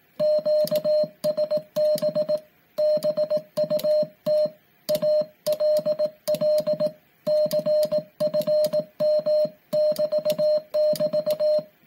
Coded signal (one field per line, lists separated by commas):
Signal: Morse code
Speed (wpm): 18 wpm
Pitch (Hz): 610 Hz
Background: music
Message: QSB BUT ALL CFM<BT><BT>